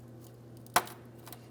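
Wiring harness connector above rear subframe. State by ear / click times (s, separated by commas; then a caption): seated / 0.8 s. A wiring harness electrical connector above the rear subframe of a 2007-2014 Ford Edge 3.5L V6, during a fuel pump module assembly replacement, is lined up and pressed in. It gives one sharp click at 0.8 s, followed by a faint tick at 1.3 s, over a steady low hum. The connector is seated and secure.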